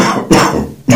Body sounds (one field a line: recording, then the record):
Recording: coughing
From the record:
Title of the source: Spring Cold Coughing 3